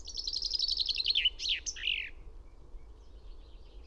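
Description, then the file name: Common chaffinch song, a rapid series of bright notes descending in steps and closing with an emphatic twisting flourish, then quiet with a low rumble. "Fringilla coelebs"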